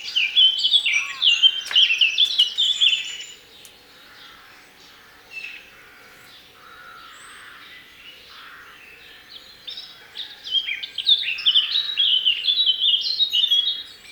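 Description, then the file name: Eurasian blackcap singing two bursts of fast, jumbled warbling with clear whistled notes, separated by a quiet pause of several seconds. "Sylvia atricapilla"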